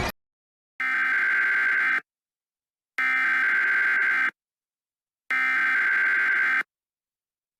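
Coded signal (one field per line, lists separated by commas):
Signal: Emergency Alert System (SAME) tones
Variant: header bursts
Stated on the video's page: Fictional EAS scenario made for Halloween, not a real alert.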